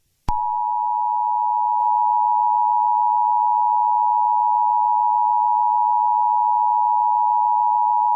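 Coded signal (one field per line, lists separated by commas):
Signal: Emergency Alert System (SAME) tones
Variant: 853 and 960 Hz attention tone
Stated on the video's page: Fictional EAS scenario made with text-to-speech voices, recorded and edited on a computer.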